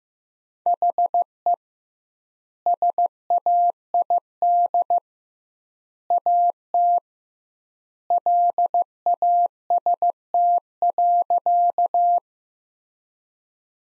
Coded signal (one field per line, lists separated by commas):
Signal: Morse code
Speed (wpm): 15 wpm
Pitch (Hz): 700 Hz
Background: none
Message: HE SAID AT LAST.